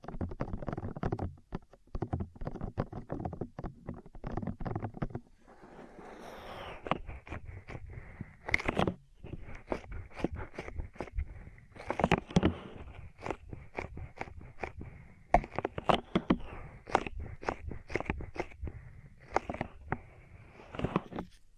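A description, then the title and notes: Ear cleaning sounds in dense, rapid crackling bursts of scratching and rubbing, fast irregular clicks packed closely together. A brief softer hissing stretch near five seconds breaks the pattern before the crunchy scraping resumes, with a faint steady whine running underneath much of it. ASMR Intense Electrifying Ear Cleaning.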